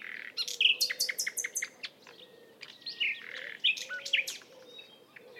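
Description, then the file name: Common nightingale song with sharp repeated notes, rich whistled phrases and short trills in varied bursts. "Luscinia megarhynchos"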